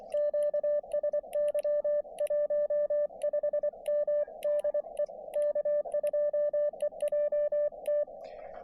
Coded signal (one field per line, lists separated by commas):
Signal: Morse code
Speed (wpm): 24 wpm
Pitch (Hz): 590 Hz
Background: none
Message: QSY 15M DE K2EJT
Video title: POTA from Beebe Hill Fire Tower